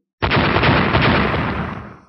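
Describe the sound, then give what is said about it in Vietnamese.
Three explosions burst in abruptly and swell into a dense, rumbling roar that holds steady for nearly two seconds before slowly fading out. No one speaks. “Ba tiếng nổ đột nhiên vang lên, ba hư ảnh tu chân tinh nổ lên ầm ầm, hình thành một luồng lực lượng hủy diệt, rồi điên cuồng hướng về phía cánh tay đánh tới.”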